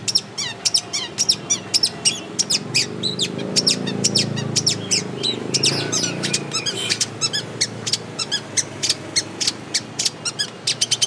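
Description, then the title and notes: Long-tailed shrike song of rapid, high clicking chirps repeated in a fast series, broken midway by a longer scratchy, chattering passage. Training recording used to tutor songbirds. "Masteran Burung Cendet"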